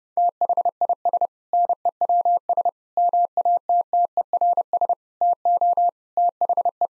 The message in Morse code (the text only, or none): THIS NEWS MATTERS TO THE